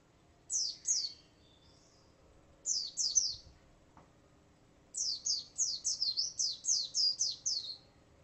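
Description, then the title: White-eye song: pairs and trios of high, slurred downward notes, then a long fast run. "Pleci"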